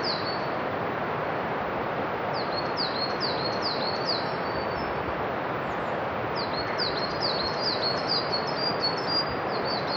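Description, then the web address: Forest birds chirp in short, high, falling notes, grouped in two lively bursts, while a river's steady roar fills the background. Many forest birds in an Akita forest with a distant river. "Foundation 1 AMBIENCE AKITA FOREST BIRDS MANY DISTANT RIVER"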